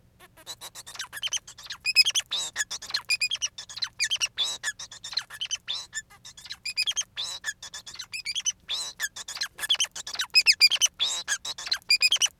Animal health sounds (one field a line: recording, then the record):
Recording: song of a male Bengalese finch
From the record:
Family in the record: son of father 4